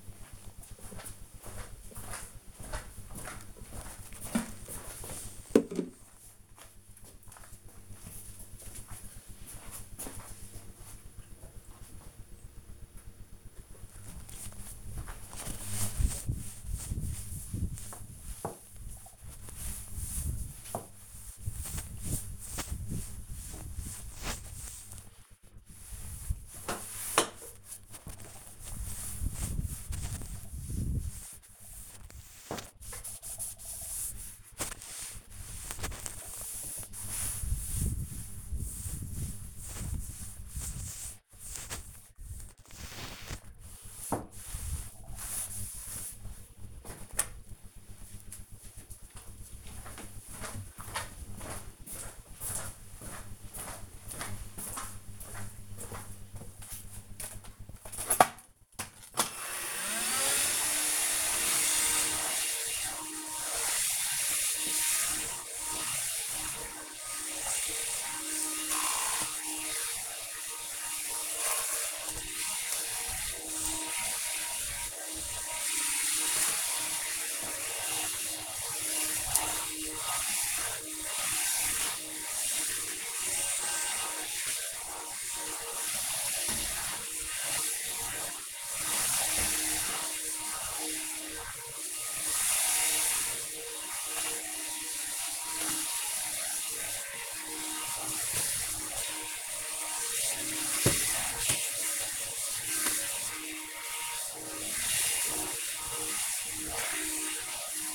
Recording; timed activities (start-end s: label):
household activities, microphone on the right wrist
12.95-46.13 s: cleaning table
57.20-107.95 s: vacuum cleaning